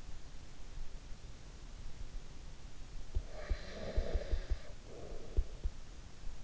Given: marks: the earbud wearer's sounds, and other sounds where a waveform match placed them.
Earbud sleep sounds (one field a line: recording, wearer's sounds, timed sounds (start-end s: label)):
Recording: sounds in sleep by an in-ear microphone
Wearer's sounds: breath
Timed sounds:
2.79-6.44 s: breath